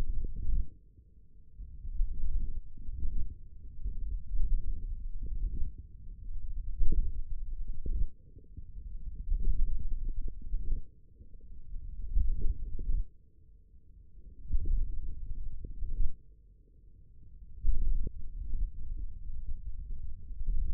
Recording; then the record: forearm muscle sounds (acoustic myography)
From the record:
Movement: wrist flexion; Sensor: system 1, eight BSWA MPA416 microphones around the upper forearm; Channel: 5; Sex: male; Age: 54 years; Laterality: right